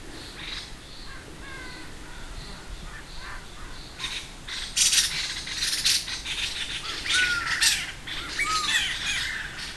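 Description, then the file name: Buffy laughingthrush with soft whistled notes early on, then loud harsh chattering bursts, with a few slurred whistles toward the end. "laughingthrush-buffy Garrulax-berthemyi"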